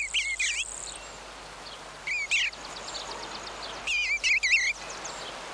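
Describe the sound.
Eastern bluebird singing gentle, wavering warbled phrases in three separated bursts, each a quick cluster of rising and falling notes, over a low steady background hiss.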